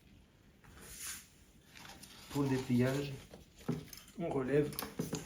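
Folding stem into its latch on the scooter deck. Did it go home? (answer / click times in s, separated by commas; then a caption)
no / none. Someone talks while handling a Kukirin G2 48V 800W 15Ah electric scooter, raising its folded stem toward the folding latch on the scooter deck. Faint handling knocks are heard between the speech, but nothing has seated or clicked yet.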